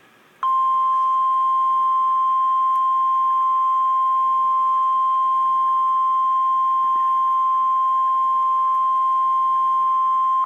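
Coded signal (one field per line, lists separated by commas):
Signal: Emergency Alert System (SAME) tones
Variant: 1050 Hz attention tone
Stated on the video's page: Real Severe Thunderstorm Warning EAS alert.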